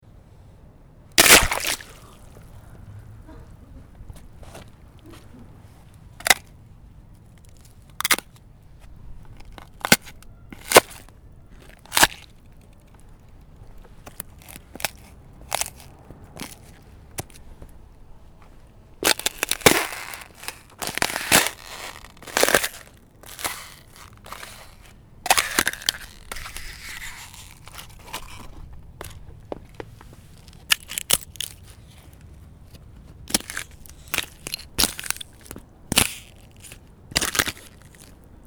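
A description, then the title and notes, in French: Ice cracks and snaps in sharp, bright pops scattered irregularly throughout, bunching into crunching bursts around twenty and twenty-six seconds, over faint low rumble. Glace qui se casse. Bruits collectés par les collégiens pendant l'atelier radio.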